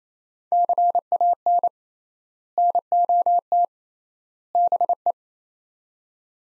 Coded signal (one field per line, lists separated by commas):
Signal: Morse code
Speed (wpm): 28 wpm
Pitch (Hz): 700 Hz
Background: none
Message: CAN NOT BE